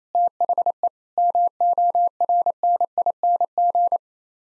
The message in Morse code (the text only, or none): THE MORNING